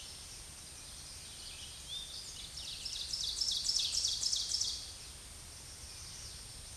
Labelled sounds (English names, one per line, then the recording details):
Ovenbird song
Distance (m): 25 m
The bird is about level with the microphone
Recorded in a Pennsylvania forest on 16 May 2024 at 07:22
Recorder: AudioMoth, point MSD-2083
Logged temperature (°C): 16.7 °C
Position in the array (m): 149 m, -6 m